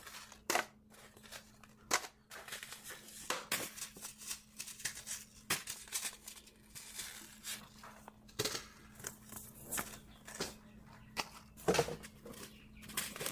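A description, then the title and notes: Paper seed packets are handled and sorted, giving a steady run of dry rustling and crinkling with sharp snaps and taps every second or two, the loudest around the middle and near the end. A faint low hum runs underneath throughout. Sorting Seed packets. Sorting packets of seeds.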